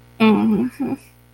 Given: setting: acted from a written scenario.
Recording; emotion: vocal sound without words; shame